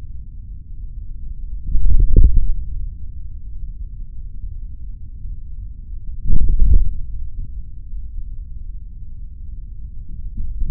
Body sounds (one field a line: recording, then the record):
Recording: forearm muscle sounds (acoustic myography)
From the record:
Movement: hand closing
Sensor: system 3, bracelet of six PUI Audio POM-2738L microphones around the upper forearm, with dedicated amplification and filtering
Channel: 1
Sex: male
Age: 56 years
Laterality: right